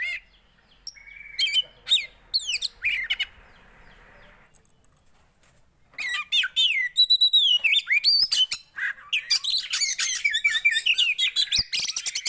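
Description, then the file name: Oriental magpie-robin song of varied whistled phrases and harsh notes, growing denser and more continuous in the second half, with a faint steady hum early on. Kacer song played to make a listener's caged kacer immediately agitated. "Burung kacer anda langsung emosi dengar ini"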